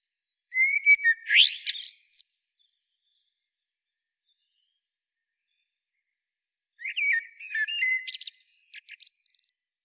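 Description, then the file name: Eurasian blackbird singing two separate phrases, each starting with rich fluted notes and ending in high, thin, chattering twitters, with silence between them. "Turdus merula"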